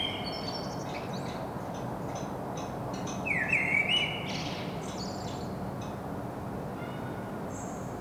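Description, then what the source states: Common blackbird song, one clear fluted phrase rising into a high twitter midway, with faint high chirps early on and a continuous low hum. Singing, recorded in Saint-Gilles, Belgium, with a Sony PCM-M10 internal microphone.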